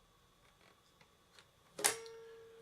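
A release button at the back of a stand mixer is pressed to unlock the tilting head from its base. A few faint ticks come first, then a sharp metallic click at 1.9 s that rings on briefly with a steady tone, and the head lock releases.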